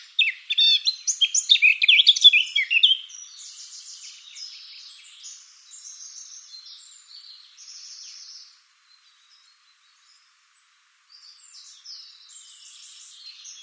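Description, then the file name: Eurasian blackcap singing a rapid, loud run of varied high chirping notes over the first three seconds, then a quieter rambling warble with a brief pause near the end. "Sylvia atricapilla"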